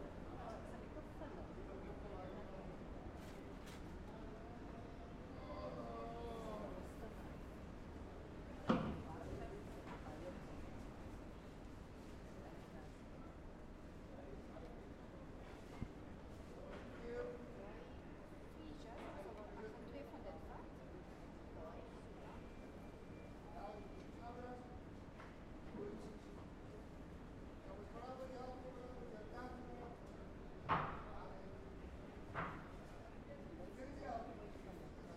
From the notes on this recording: a customer buying freesias, people walking through the market en route to other parts of the city; the sounds of traffic in the background, and flower sellers greeting customers, chatting to one another and filling their buckets with water